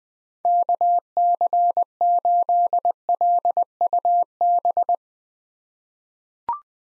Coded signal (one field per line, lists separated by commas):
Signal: Morse code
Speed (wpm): 21 wpm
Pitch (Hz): 700 Hz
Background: none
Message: KC8LUB